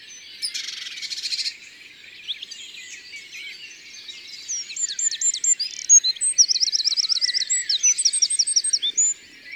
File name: Troglodyte mignon Concerts Naturels de la Drome Studio les Trois Becs